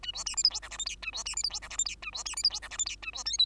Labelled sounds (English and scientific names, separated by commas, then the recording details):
Bengalese Finch (Lonchura striata domestica) song
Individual Bird2